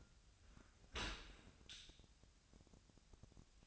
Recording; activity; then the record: daily activity, microphone in the room; open dishwasher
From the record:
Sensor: 2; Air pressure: 1006.6 hPa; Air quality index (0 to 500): 202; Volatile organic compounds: 14 ppm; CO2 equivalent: 2475 ppm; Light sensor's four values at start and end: 9/21/8/9 and 9/21/8/9